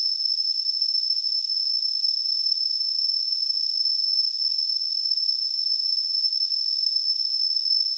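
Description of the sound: A steady, unbroken high-pitched whistle with a soft hiss around it holds at even loudness for the whole eight seconds. It is a simulation of tinnitus, the constant ringing or hissing in the ears that a person with the condition hears.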